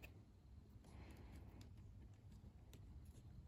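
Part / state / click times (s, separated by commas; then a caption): wire terminal into plastic connector housing / not seated / none. A white wire's terminal is being pushed into a plastic connector housing, into the position where the black wire was, on a DRZ400. Over a low, steady background rumble there are light handling sounds and two faint ticks near 1.6 and 2.7 seconds. Nothing has seated or clicked into place yet.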